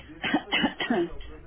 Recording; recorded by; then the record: voluntary cough; telephone call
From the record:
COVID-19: negative